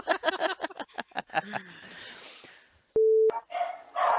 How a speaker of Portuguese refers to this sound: quando o cachorro tiver latindo